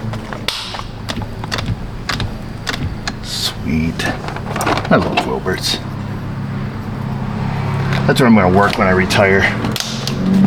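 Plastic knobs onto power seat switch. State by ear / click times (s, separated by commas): seated / 0.5 s, 2.1 s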